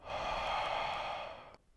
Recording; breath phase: one breath near a microphone; exhalation